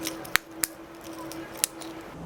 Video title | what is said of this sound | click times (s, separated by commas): DIY - Key FOB NOT working? Mitsubishi Outlander Sport 2016-2020 Key Fob Battery Battery Change | push tight, make sure you hear it click. | 0.4 s, 0.6 s, 1.6 s